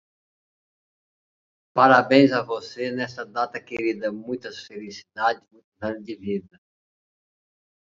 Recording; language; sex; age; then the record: short text; Brazilian Portuguese; male; 50 to 59 years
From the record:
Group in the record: control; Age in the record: 54 years